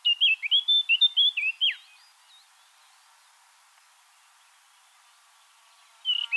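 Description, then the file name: Eurasian blackcap giving a quick burst of clear, fluty warbled notes for about two seconds, then a long pause before another phrase begins. "Sylvia atricapilla"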